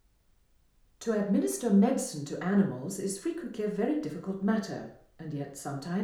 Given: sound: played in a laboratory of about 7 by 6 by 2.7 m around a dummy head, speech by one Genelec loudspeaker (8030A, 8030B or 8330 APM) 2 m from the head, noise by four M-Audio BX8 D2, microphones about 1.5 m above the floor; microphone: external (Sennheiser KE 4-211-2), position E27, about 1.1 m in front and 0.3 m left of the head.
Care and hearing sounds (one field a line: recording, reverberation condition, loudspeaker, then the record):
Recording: female speech in English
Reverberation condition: medium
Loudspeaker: 60 degrees to the left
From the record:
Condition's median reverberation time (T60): about 510 ms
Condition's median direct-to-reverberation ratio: about -0.5 dB